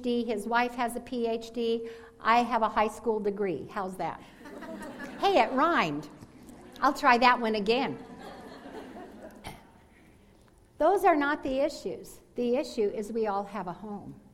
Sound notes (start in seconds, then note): 4.4 laughter; 8.0 laughter